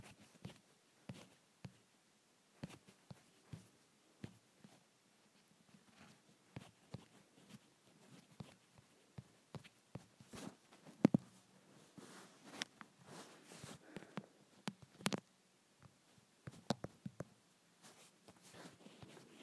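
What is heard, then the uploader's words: A phone being rubbed and handled gives a run of short scuffs and taps, irregular but frequent across the whole stretch. A few sharper knocks stand out near 11 and 15 seconds, and a faint low hum sits underneath between the touches. ASMR Rubbing my Phone.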